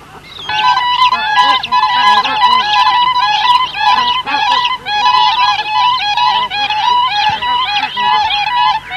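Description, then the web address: Siberian crane chorus: dense, continuous, high musical calls from several birds, each note a bending, harmonic toot, overlapping almost without a break. "earth naturelibrary assets s si siberian crane"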